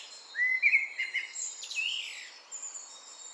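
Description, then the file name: Eurasian blackbird giving a short fluted warble followed by a high scratchy twitter, with faint chirps of other birds. "Turdus merula"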